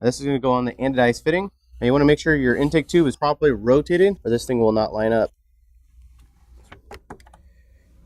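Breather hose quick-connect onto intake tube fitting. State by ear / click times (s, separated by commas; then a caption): seated / 7.1 s. Someone talks while a hard plastic breather hose with a spring quick-release connector is pushed onto the anodized fitting of a new intake tube. After the talking stops, a short cluster of small plastic clicks follows, with the sharpest snap at 7.1 seconds as the quick-release fitting seats onto the fitting.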